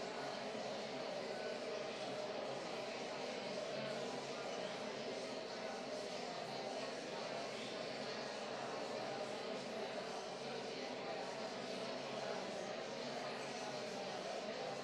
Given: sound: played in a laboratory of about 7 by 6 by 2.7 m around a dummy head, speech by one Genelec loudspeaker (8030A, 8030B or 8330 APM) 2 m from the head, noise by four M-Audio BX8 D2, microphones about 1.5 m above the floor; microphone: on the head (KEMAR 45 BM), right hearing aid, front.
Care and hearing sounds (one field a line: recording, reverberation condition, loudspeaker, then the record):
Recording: babble noise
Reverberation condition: high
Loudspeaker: four, about 170 cm from the corners of the room and facing them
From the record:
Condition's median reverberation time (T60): about 1300 ms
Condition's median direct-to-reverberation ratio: about -4.0 dB